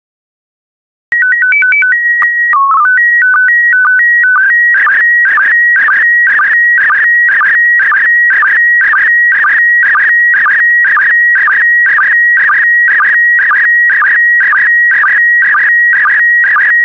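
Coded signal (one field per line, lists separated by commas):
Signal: SSTV (slow-scan television)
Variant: PD120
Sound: short stepped tone header, then steady rhythmic warbling scan lines with regular ticks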